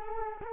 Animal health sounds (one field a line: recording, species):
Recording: mosquito wingbeat signal from an infrared sensor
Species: Culex quinquefasciatus